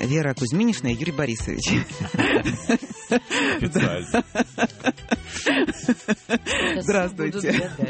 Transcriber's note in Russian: все смеются